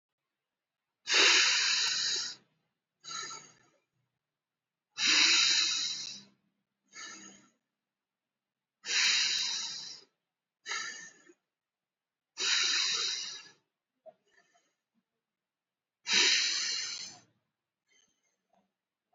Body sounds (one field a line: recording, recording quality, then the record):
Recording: deep breathing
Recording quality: excellent, no background noise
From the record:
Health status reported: healthy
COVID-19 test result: not tested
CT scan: not taken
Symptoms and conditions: cough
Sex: male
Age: 18 years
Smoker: no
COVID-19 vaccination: both doses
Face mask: worn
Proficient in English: yes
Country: India